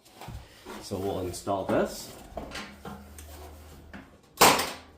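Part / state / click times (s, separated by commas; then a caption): plastic slide clip into oblong hole on car rocker panel / seated / 3.9 s, 4.4 s. A plastic slide clip is pushed into an oblong hole under the rocker panel of an E36 car to mount the side skirt while someone talks. It double-clicks into place, with a lighter click at 3.9 seconds and a sharp, loud snap at 4.4 seconds, seating the clip.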